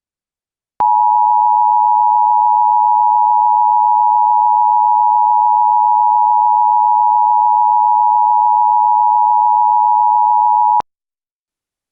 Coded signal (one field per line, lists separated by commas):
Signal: Emergency Alert System (SAME) tones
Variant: 853 and 960 Hz attention tone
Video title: ▌EAS SCENARIO▐ NFL Game Tornado Emergency!